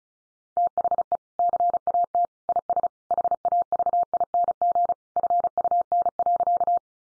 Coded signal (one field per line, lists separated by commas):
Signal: Morse code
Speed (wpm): 34 wpm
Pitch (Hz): 700 Hz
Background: none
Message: THE CAT IS HAVING FUN.